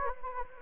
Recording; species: mosquito wingbeat signal from an infrared sensor; Anopheles gambiae